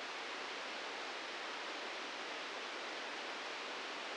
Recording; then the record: brain microelectrode recording played as sound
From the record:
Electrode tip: outside the subthalamic nucleus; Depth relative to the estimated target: 4 mm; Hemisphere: right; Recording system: NeuroSet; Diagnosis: Parkinson's disease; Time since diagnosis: 15 years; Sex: male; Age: 65 years